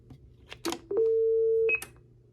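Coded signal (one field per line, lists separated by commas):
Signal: roger beep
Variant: Stryker roger beep 6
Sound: key clicks, a low steady tone for about 0.7 seconds, then a brief high beep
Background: radio static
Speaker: 6 is the one I programmed. Get a little crazy with them.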